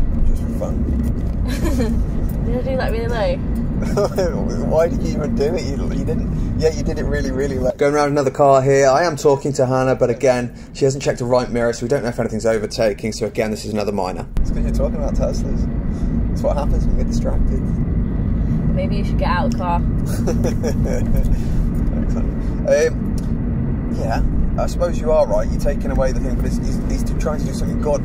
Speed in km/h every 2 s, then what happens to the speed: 44, 45, 44, 45, 45, 45, 45, 47, 48, 50, 52, 50, 52, 50.
0-12 steady at about 45. 12-19 speeds up to 52. 19-25 steady at about 52.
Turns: none.